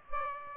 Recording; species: mosquito wingbeat signal from an infrared sensor; Aedes aegypti